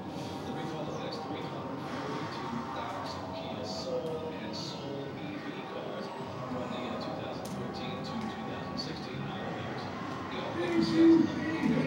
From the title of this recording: Int. Arcade III, Coney Island